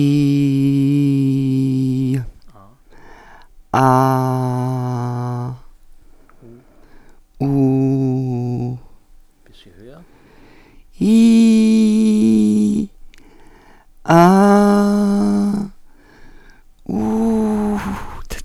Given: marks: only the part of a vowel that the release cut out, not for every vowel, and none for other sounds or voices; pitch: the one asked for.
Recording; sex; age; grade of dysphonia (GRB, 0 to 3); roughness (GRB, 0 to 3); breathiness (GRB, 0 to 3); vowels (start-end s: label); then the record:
sustained vowels; female; 50 to 59 years; 3; 3; 1
0.00-1.97 s: vowel /i/, normal pitch
3.83-5.29 s: vowel /a/, normal pitch
7.50-8.54 s: vowel /u/, normal pitch
11.12-12.17 s: vowel /i/, high pitch
14.31-15.33 s: vowel /a/, high pitch
16.93-17.74 s: vowel /u/, high pitch
From the record:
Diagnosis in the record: recurrent laryngeal nerve paralysis, Reinke's edema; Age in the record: 56 years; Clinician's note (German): Doppelseitige nach Strumektomie + Reinke- Ödem beidseitig, Stridor!